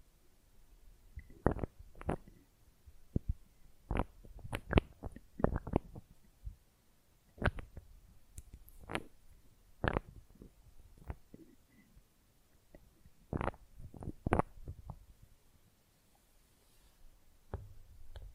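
Quick, rough nail filing and tapping come in sharp, irregular clicks and scrapes, bunched into bursts with short gaps between them. The hits are crisp and bright, several per second at their busiest, over a faint low rumble.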